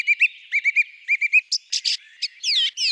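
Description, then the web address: Song thrush song: short clear whistled phrases repeated in groups of two or three, followed by varied buzzy and scratchy notes. "Turdus philomelos"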